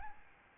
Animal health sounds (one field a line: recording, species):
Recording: mosquito wingbeat signal from an infrared sensor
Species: Aedes albopictus